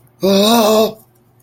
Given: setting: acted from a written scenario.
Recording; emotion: vocal sound without words; fear